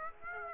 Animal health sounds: mosquito wingbeat signal from an infrared sensor; Aedes aegypti

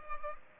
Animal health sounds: mosquito wingbeat signal from an infrared sensor; Culex pipiens

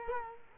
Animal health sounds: mosquito wingbeat signal from an infrared sensor; Culex quinquefasciatus

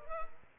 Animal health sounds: mosquito wingbeat signal from an infrared sensor; Culex pipiens

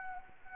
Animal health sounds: mosquito wingbeat signal from an infrared sensor; Anopheles arabiensis

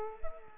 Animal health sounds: mosquito wingbeat signal from an infrared sensor; Culex pipiens

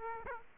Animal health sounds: mosquito wingbeat signal from an infrared sensor; Aedes aegypti

